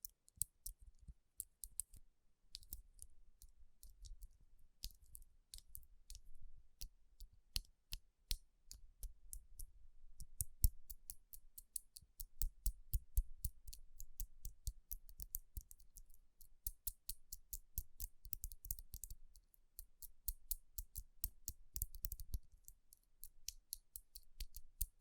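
Fingertips tap on rhinestone-covered palms, giving sharp, bright clicks. The taps come sparse and irregular at first, then turn dense and fast through the middle, with some clustered bursts. A soft low rubbing sits beneath the clicks throughout.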